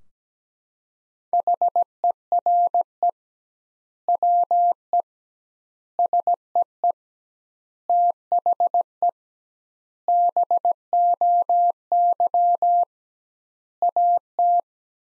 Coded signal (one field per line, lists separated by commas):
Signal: Morse code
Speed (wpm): 17 wpm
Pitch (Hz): 700 Hz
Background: none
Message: HERE WE SEE THE BOY AT